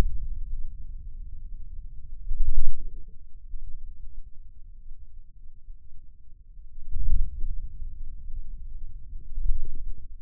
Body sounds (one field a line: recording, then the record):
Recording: forearm muscle sounds (acoustic myography)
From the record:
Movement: wrist flexion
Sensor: system 2, bracelet of six BSWA MPA416 microphones around the upper forearm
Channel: 5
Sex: male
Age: 22 years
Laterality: right